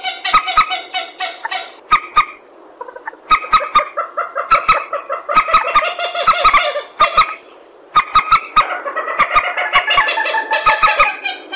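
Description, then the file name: Purple swamphen calls: loud, nasal, harmonic cackles in bursts of rapid notes, broken by short pauses, with sharp clicking noises throughout. "tieng trich re keu"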